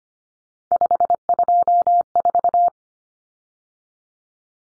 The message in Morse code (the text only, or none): 524